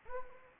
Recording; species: mosquito wingbeat signal from an infrared sensor; Anopheles gambiae